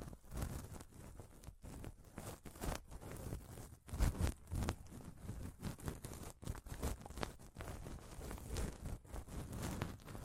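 Scratching and touching on a microphone, a dense run of rough scraping strokes with frequent sharp, bright clicks and rubs. The rustling keeps going with little pause, swelling in bursts, and a heavy thump lands around four seconds in.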